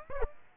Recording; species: mosquito wingbeat signal from an infrared sensor; Aedes aegypti